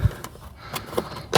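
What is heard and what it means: A plastic trim piece from the tail light area of a 2018–2026 Jeep Wrangler is lined up by its small toe and holes and pressed into the rear body panel. A low thump at the start and a few faint taps around 0.3, 0.8 and 1.0 seconds lead to a sharp pop at 1.4 seconds as the piece snaps into place and seats.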